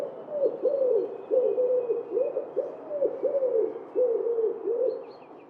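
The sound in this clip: Wood pigeon coos: soft, throaty hooting notes repeated closely over five seconds, slightly uneven in loudness.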